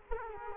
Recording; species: mosquito wingbeat signal from an infrared sensor; Culex quinquefasciatus